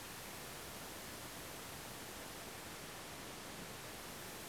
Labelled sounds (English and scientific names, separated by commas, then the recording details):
none
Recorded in France